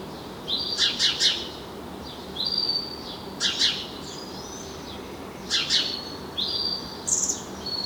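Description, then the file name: House sparrow chirps in quick clusters of two or three, spaced a couple of seconds apart, with brief high whistled notes between and low background noise. "Passer domesticus"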